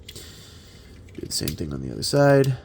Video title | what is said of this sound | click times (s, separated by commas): Transformers Studio Series MTMTE WFC Gamer Edition Voyager Class Optimus Prime. | collapse the panels all the way till the side till you hear that click. | 0.1 s